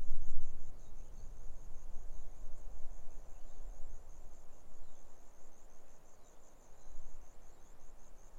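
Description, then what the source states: Grasshopper: steady, high-pitched pulsed buzzing of a grasshopper over a bed of rushing wind. Grasshoppers stridulating on a lukewarm autumn afternoon, 6 May 2015, arid Barrier Ranges near Broken Hill, Australian outback; wind in desert she-oaks.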